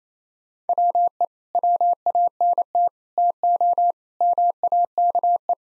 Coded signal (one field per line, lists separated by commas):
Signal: Morse code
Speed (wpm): 28 wpm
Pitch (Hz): 700 Hz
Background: none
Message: WE WANT TO MAKE